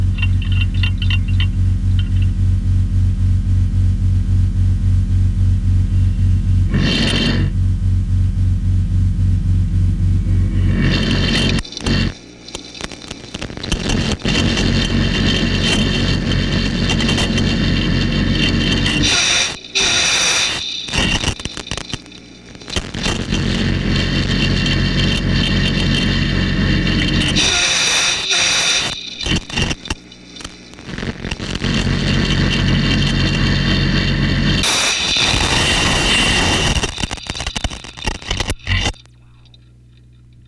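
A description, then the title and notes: Experimental mix of field recordings, synth tones and feedback played through speakers with rattling tins on top. A steady low hum opens the piece, then from about 11 seconds dense buzzing and scraping textures take over, with sharp bursts near 19, 28 and 35 seconds before fading. Film tins filled with objects including nails, tacks, ball bearings and other miscellaneous objects. The film tins were then equipped with piezo microphones plugged into amps then placed atop upward facing speakers. Recorded by the reel-to-reel.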